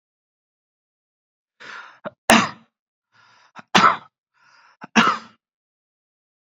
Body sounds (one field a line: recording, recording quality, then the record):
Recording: heavy voluntary cough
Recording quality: excellent, no background noise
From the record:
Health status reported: COVID-19 positive, mild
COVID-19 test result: positive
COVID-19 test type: RT-PCR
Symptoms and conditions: cold, sore throat, muscle pain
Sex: male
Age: 30 years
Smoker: yes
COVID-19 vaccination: both doses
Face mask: worn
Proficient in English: yes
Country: India